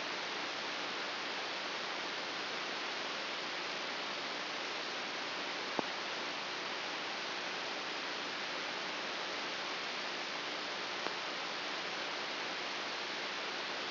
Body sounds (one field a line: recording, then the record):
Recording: brain microelectrode recording played as sound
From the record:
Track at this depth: inside the subthalamic nucleus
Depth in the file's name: 3.502 mm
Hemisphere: left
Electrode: 2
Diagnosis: Parkinson's disease